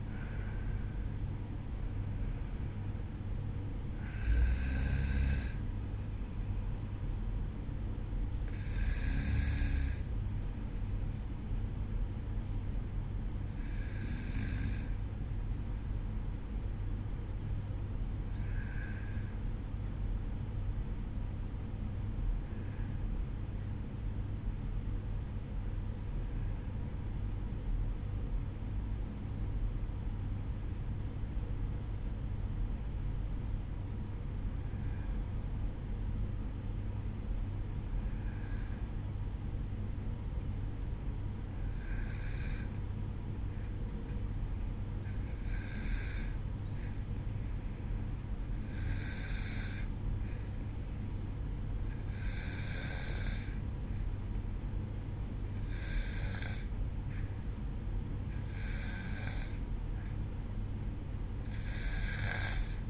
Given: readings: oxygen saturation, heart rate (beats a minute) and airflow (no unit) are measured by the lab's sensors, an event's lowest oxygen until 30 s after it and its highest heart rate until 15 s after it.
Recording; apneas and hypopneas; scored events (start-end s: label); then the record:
breathing in sleep by a smartphone at the bedside; 1
27.00-42.60 s: obstructive apnea (N2, oxygen 96% highest, then 93% lowest, heart rate 54 at the start, 57 highest)
From the record:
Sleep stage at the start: N2 (light sleep); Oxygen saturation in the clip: 92 to 96%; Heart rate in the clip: 51 to 60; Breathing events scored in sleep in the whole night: 305 in 9.6 hours asleep